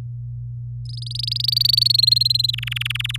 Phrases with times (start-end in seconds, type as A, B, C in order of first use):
0.85-1.92 A, 1.94-2.51 B, 2.53-3.16 C